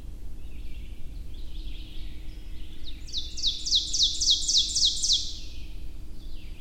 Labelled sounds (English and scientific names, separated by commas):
Ovenbird (Seiurus aurocapilla) song